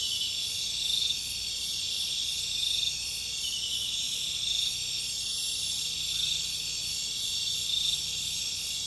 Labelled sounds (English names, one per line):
none